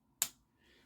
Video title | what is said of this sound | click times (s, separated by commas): The Briarpatch Jack : A First For RoseCraft Blades And Andy Armstrong!! | into that half stop pretty well got a nice click | 0.2 s